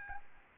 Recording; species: mosquito wingbeat signal from an infrared sensor; Aedes albopictus